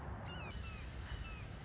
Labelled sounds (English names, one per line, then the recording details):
Red-shouldered Hawk
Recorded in Sonoma County, California